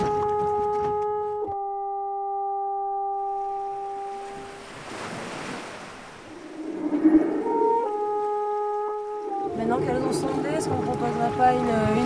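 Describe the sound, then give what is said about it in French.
Underwater boat engine noise: steady droning tones with layered harmonics, broken by a rushing, surging wash midway, then returning as a denser, rattling hum with shifting pitches. “J'ai envie d'avoir beaucoup de sons parasites de bateau.”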